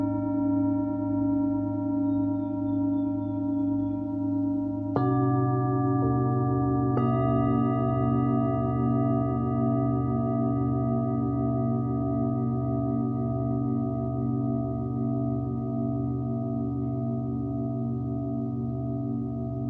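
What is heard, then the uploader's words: A Tibetan singing bowl rings with a steady, layered drone, its low tones pulsing in a slow, even wobble. Fresh strikes land near the five- and seven-second marks, adding brighter overtones that then hold and fade gently over the rest of the clip. Tibetan Singiing Bowl のサウンドヒーリングチャンネル LIVE.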